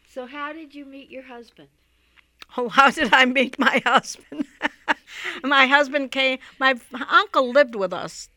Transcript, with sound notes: So how did you meet your husband?
Oh, how did I meet my husband? (she laughs) My husband came, my uncle lived with us.